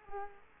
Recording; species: mosquito wingbeat signal from an infrared sensor; Culex quinquefasciatus